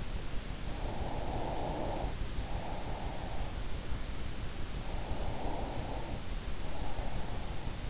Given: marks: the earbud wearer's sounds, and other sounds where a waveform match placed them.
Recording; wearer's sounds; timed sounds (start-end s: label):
sounds in sleep by an in-ear microphone; breath
0.48-3.75 s: breath
4.67-7.90 s: breath